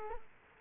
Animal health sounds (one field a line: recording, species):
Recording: mosquito wingbeat signal from an infrared sensor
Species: Culex quinquefasciatus